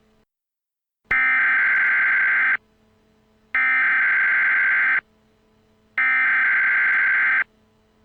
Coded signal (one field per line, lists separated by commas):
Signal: Emergency Alert System (SAME) tones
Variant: header bursts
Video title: THEY ARE HERE ! A War of The Worlds EAS